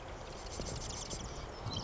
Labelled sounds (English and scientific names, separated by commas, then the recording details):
Marsh Wren (Cistothorus palustris)
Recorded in Sonoma County, California